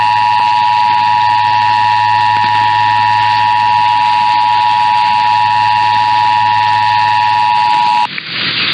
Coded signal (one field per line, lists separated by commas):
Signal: Emergency Alert System (SAME) tones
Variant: 853 and 960 Hz attention tone